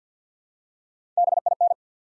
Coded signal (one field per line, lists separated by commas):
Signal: Morse code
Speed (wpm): 49 wpm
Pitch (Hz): 700 Hz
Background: none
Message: B I N